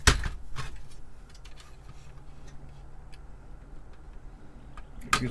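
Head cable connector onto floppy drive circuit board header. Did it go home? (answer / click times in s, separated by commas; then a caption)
yes / 0.1 s, 5.1 s. A floppy drive head ribbon cable connector on an Atari 1050 is pressed down onto its circuit board header because it was not seated all the way. Two loud, sharp hits come at 0.1 s and 5.1 s, with only faint ticks and low background noise between them. The connector ends up pushed fully home and seated.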